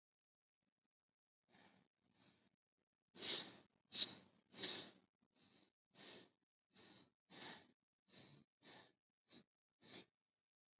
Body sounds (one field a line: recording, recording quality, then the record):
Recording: shallow breathing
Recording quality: excellent, no background noise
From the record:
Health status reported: healthy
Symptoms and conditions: hypertension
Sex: female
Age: 79 years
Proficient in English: yes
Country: India